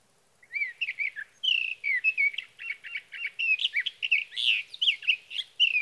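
Sage thrasher singing a rambling, fast warble of whistled slurs and short buzzy notes, repeated without pause for about five seconds; no other sounds.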